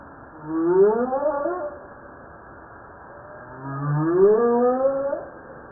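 Humpback whale song: two long rising moans, each beginning as a low rumble and climbing into a rich harmonic upsweep, separated by a quiet pause.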